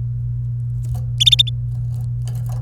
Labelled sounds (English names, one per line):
Domestic Canary song